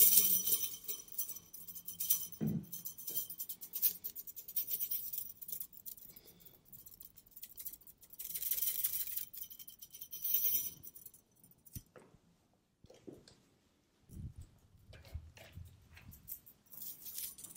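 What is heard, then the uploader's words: A small metal toy is handled and played with, giving irregular bright clinks and rattles with brief thumps and quiet pauses between. Nick found a metal toy and played with it in front of the camera, these are the sounds that he came up with.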